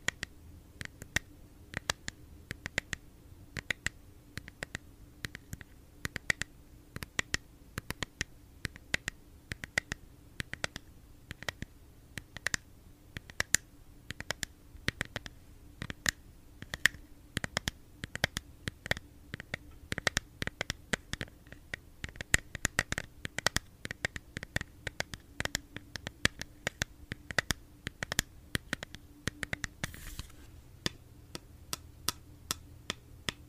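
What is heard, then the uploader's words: ASMR tapping: crisp, sharp taps in fast, irregular bursts throughout, some clustered quickly, others spaced apart, each a short bright click. A faint low hum runs steadily underneath, and around thirty seconds there's a brief scratchy rustle. Blue yeti microphone. Asmr tapping.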